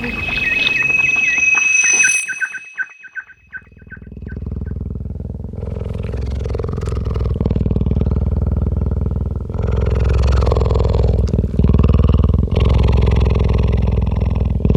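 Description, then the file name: Cheetah sounds: several brief high chirps at the start, then a deep, throbbing sound that continues to the end. Adult cheetah. "Frisson de Midi Adult Cheetah"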